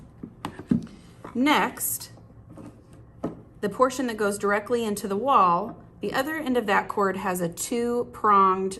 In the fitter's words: until it fits sometimes that requires you turning in different directions and you'll hear a snap